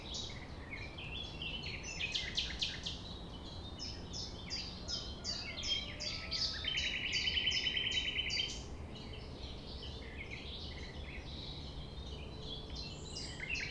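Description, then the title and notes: Common nightingale song: hurried repeated notes leading into a sustained buzzy rattling trill, then more repeated notes, over continuous low background noise. Recorded at 6 a.m. at sunrise near the Thève at Champ de Ménage; the nightingale sings without waiting for silence. "6 A.M. Lever du soleil non loin de la Thève au Champ de Ménage. Le rossignol n'attend pas le silence."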